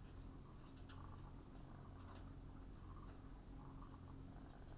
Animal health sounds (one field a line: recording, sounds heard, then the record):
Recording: poultry house recording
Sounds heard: healthy chickens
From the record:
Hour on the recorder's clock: 21